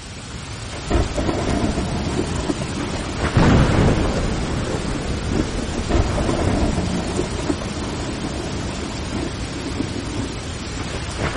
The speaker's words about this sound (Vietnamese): Bên ngoài đột nhiên mưa to, còn có sấm sét nữa.